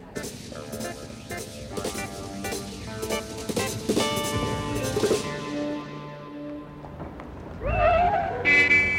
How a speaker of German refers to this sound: Was soll denn das Gehupe? Sie Flegel, Sie! Sie haben direkt auf mich zugehalten. Sie wollten mich überfahren.